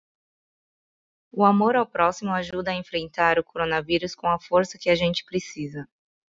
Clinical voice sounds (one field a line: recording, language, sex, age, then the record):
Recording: spoken sentence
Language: Brazilian Portuguese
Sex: female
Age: 30 to 39 years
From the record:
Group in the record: control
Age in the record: 33 years